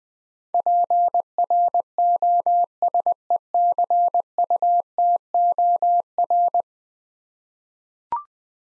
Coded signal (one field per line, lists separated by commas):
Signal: Morse code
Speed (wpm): 21 wpm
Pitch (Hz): 700 Hz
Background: none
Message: PROSECUTOR